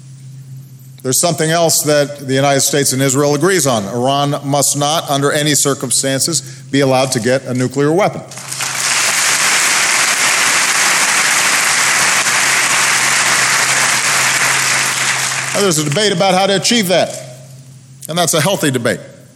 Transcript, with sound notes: there's something else that the United States and Israel agrees on: Iran must not, under any circumstances, be allowed to get a nuclear weapon. (Applause.) Now, there's a debate about how to achieve that -- and that's a healthy debate.